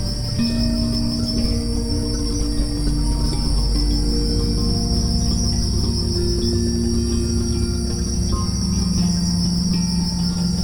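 Unbroken cricket chorus, a bright high pulsing trill, over slow, gentle music in the low range.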